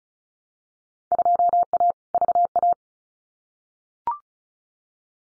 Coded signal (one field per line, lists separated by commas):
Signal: Morse code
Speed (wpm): 34 wpm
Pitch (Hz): 700 Hz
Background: none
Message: 2A VA